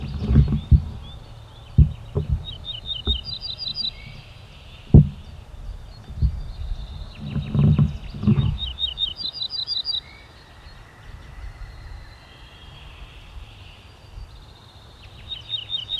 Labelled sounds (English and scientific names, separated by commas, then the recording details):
Ortolan Bunting (Emberiza hortulana)
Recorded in the wild
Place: Schloß Holte-Stukenbrock, Senne, Nordrhein-Westfalen, DE
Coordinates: 51.8856, 8.66111
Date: 1973-05-20
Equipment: Uher 4200 Report Stereo, Bändchenmikro Beyer M 260, Parabolspiegel Polyester (600 mm)
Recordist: Conrads, Klaus
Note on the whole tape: Hof Stallmann I (Furlbach-Gebiet). Alarm (hüi, psi), Gesang